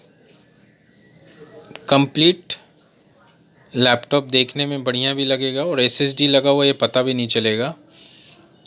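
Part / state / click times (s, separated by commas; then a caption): SSD caddy into laptop optical drive bay / seated / 8.7 s. An SSD mounted in a caddy that replaces a laptop's DVD drive is pushed into the laptop's optical drive bay. Someone talks for most of the clip, and a single sharp click is heard at 8.7 s as the caddy locks into the bay, before the retaining screw is tightened.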